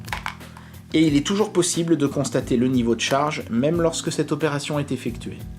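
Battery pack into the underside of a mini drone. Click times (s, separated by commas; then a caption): 0.1 s, 0.3 s. A plastic battery pack is pushed into its slot on the underside of a Zerotech Dobby mini selfie drone and seats, with sharp plastic clicks at 0.1 s and 0.3 s. Someone then talks over background music.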